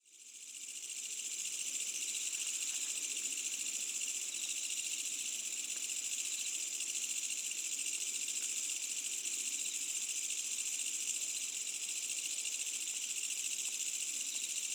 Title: GameAudioGDC. AMBIENCE Insects Medium Night Summer Distant Village